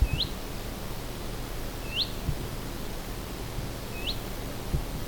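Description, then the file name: Willow warbler giving soft upslurred 'hoo-eet' calls, one about every two seconds, three in all, over a steady low rumble of background noise. "pajulintu"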